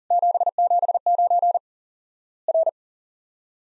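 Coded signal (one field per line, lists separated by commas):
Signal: Morse code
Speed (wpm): 40 wpm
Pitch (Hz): 700 Hz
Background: none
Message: 779 R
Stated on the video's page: Morse drill of Worked All Europe DX Contest QTC exchanges at 40 wpm, each sent in Morse, spoken, then sent again.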